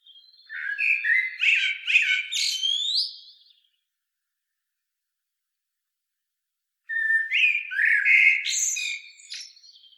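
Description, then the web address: Common blackbird singing two long phrases of varied fluty whistles topped with high twittering squeaks, separated by about three seconds of silence. "SETE Turdus merula"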